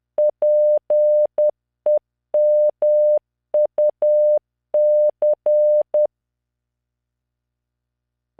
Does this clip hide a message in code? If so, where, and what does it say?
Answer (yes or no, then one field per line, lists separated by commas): yes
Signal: Morse code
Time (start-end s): 0.2-6.1 s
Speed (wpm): 10 wpm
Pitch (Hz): 600 Hz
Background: none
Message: PEMUC